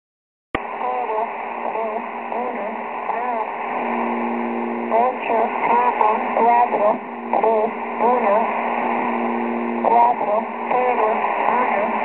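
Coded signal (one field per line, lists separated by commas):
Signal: numbers station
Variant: V2a, Spanish female voice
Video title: V2a Numbers station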